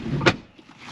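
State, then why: Seated. The folding rock-and-roll bed frame in a VW T5 campervan is lifted back up and pushed in from its seat base, with low rumbling handling noise at first. A sharp, bright hit at 0.3 s marks the frame latching into its seat base, followed by near quiet and a few faint knocks. The bed frame clicks back into place and is seated.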